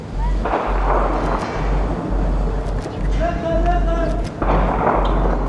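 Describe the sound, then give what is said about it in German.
Scattered sharp gunshots crack and echo over the city wall of Diyarbakir, September 2015, over a constant low rumble and broad background noise, with several sudden bursts spread irregularly through the scene. “Schüsse hallen über die Stadtmauer.”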